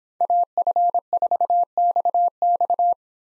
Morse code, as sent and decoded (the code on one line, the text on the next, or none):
.- ..-. ....- -..- -..-
AF4XX